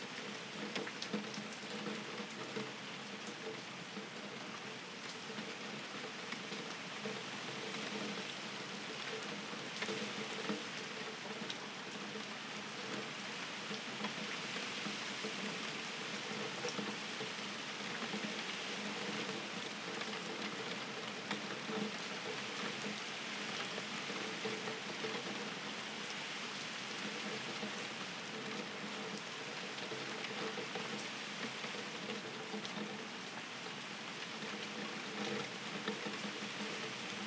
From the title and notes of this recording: Rain falling on a window. Captured in a remote village in Portugal, Summer 2023.